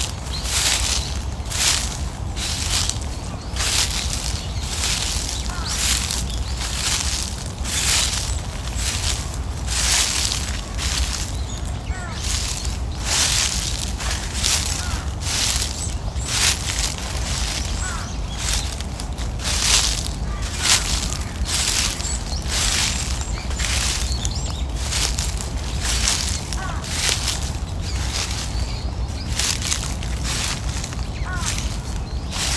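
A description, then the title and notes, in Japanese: Footsteps crunch through fallen leaves at a steady walking pace, each dry, crackling step arriving about once or twice a second for the whole stretch. Underneath, a constant low rumble, like traffic, hums without change. 公園の朝散歩で聴こえてくる自然音。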